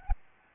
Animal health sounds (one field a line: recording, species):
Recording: mosquito wingbeat signal from an infrared sensor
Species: Aedes albopictus